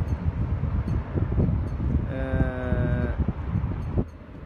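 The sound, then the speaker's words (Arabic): Wind buffets the microphone in an open outdoor place in a continuous low, gusty rumble. Midway, a sustained harmonic tone like a cow's moo rises over it for about a second. “أي الصوت في هواء، أنا في مكان مفتوح، أنا في مكان أوبن.”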